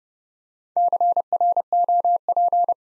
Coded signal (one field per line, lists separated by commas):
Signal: Morse code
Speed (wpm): 30 wpm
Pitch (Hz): 700 Hz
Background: none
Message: CROP